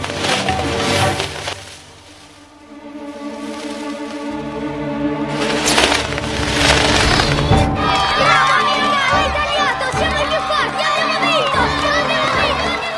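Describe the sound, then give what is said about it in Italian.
A crowd roars and cheers in a dense, steady wash of voices, dipping briefly early on, then swelling louder with excited high-pitched shouts scattered through the din. “Non ebbe bisogno di ascoltare il boato della folla, né di vedere quello che accadeva intorno a lui.”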